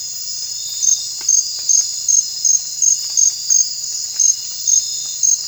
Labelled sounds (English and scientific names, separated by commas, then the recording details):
none
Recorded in secondary vegetation near Puerto Asís, Putumayo, Colombia, on 25 June 2025 at 01:30
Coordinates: 0.499, -76.323
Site G077